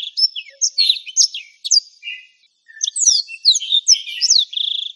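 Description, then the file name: Black-throated canary song: rapid, high twittering of sweeping whistles and trills, broken by a short pause midway, then resuming livelier. "suara burung blackthroat"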